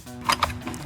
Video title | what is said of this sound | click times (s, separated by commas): Paslode & Weathertex - the better choice, naturally! | it's a simple operation the battery clicks into place | 0.3 s, 0.4 s